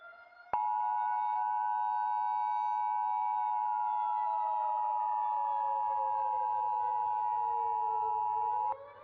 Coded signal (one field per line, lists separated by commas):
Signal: Emergency Alert System (SAME) tones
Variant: 853 and 960 Hz attention tone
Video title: EAS Scenario/Analog Horror - FLUX